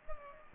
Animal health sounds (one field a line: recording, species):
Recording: mosquito wingbeat signal from an infrared sensor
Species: Culex pipiens